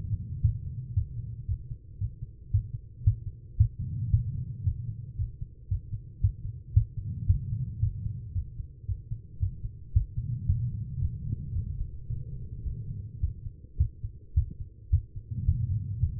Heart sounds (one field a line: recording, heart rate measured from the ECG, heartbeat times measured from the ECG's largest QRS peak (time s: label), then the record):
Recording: heart sounds by stethoscope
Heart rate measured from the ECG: 112 bpm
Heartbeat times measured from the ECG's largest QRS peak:
0.42 s: heartbeat
0.94 s: heartbeat
1.46 s: heartbeat
1.98 s: heartbeat
2.51 s: heartbeat
3.04 s: heartbeat
3.57 s: heartbeat
4.11 s: heartbeat
4.64 s: heartbeat
5.16 s: heartbeat
5.69 s: heartbeat
6.21 s: heartbeat
6.74 s: heartbeat
7.27 s: heartbeat
7.80 s: heartbeat
8.33 s: heartbeat
8.86 s: heartbeat
9.39 s: heartbeat
9.93 s: heartbeat
10.46 s: heartbeat
10.99 s: heartbeat
11.53 s: heartbeat
12.06 s: heartbeat
12.63 s: heartbeat
13.20 s: heartbeat
13.78 s: heartbeat
14.34 s: heartbeat
14.90 s: heartbeat
15.46 s: heartbeat
16.00 s: heartbeat
From the record:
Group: healthy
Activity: rest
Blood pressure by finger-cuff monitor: 136/73 mmHg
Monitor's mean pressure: 90 mmHg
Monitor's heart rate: 113 bpm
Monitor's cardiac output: 8.3 L/min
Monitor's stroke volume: 74 mL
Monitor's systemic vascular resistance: 820 dyn s/cm5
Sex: female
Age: 43 years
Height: 160 cm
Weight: 90 kg